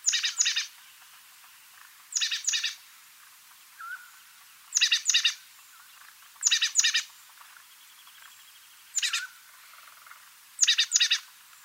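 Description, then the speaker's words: Oak Titmouse calls: several bursts of raspy, buzzy high notes in quick clusters of two or three, over a quiet background. Calls recorded in the Sierra Nevada of California. "here we have the calls of an oak titmouse. It was recorded in the Sierra Nevada of California."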